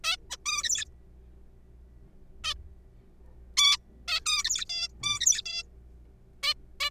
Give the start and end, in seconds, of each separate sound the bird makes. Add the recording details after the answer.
0.04-0.17, 0.30-0.37, 0.46-0.84, 2.44-2.54, 3.57-3.77, 4.08-4.20, 4.26-4.44, 4.44-4.65, 4.70-4.88, 5.03-5.41, 5.46-5.63, 6.43-6.53, 6.80-6.89. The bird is a juvenile. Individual R3428